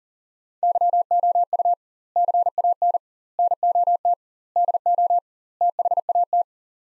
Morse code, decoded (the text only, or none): YOU CAN NOT DO THAT